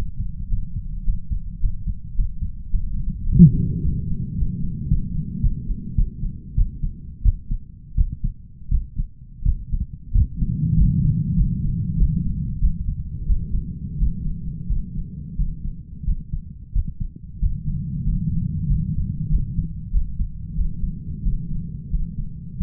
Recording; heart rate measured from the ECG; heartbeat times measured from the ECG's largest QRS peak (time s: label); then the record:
heart sounds by stethoscope; 95 bpm
0.47 s: heartbeat
1.03 s: heartbeat
1.59 s: heartbeat
2.14 s: heartbeat
2.69 s: heartbeat
3.24 s: heartbeat
3.80 s: heartbeat
4.35 s: heartbeat
4.88 s: heartbeat
5.40 s: heartbeat
5.95 s: heartbeat
6.55 s: heartbeat
7.23 s: heartbeat
7.96 s: heartbeat
8.69 s: heartbeat
9.44 s: heartbeat
10.12 s: heartbeat
10.75 s: heartbeat
11.35 s: heartbeat
11.97 s: heartbeat
12.60 s: heartbeat
13.26 s: heartbeat
13.97 s: heartbeat
14.67 s: heartbeat
15.36 s: heartbeat
16.05 s: heartbeat
16.73 s: heartbeat
17.40 s: heartbeat
18.04 s: heartbeat
18.67 s: heartbeat
19.29 s: heartbeat
19.91 s: heartbeat
20.55 s: heartbeat
21.23 s: heartbeat
21.90 s: heartbeat
22.58 s: heartbeat
From the record:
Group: healthy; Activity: Valsalva maneuver 0-2 s, rest 2-23 s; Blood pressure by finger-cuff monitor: 127/84 mmHg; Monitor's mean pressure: 98 mmHg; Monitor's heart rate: 95 bpm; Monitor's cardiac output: 7.4 L/min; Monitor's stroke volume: 83 mL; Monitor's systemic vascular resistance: 990 dyn s/cm5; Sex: male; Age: 33 years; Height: 179 cm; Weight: 80.4 kg